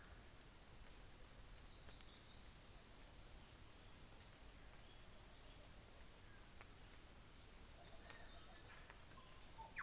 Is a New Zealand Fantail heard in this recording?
no